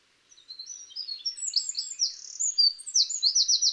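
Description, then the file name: Eurasian wren song starting quietly and swelling into a dense run of shrill twittering notes, finishing with a brisk, evenly repeated trill. "Troglodytes troglodytes"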